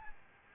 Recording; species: mosquito wingbeat signal from an infrared sensor; Aedes albopictus